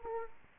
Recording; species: mosquito wingbeat signal from an infrared sensor; Culex quinquefasciatus